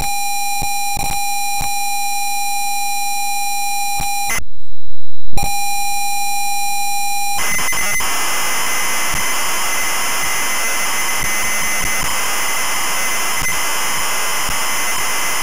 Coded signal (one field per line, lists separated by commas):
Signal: ZX Spectrum tape loading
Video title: ZX Spectrum 48K - Space Raiders loading